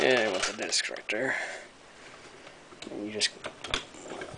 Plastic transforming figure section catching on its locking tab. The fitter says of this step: can just bring it up so you hear it click of it catching and then just to